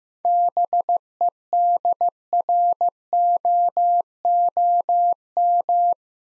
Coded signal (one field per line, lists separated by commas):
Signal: Morse code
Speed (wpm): 15 wpm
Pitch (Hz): 700 Hz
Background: none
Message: BEDROOM